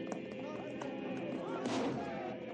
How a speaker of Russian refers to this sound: Двери храма продолжают долбить тараном. Хан с недовольным выражением на лице, криво ухмыляясь, наблюдает за стараниями воинов разбить закованные в железо двери храма. Татарин в меховой шапке задает ритм, помогая взмахами руки с нагайкой.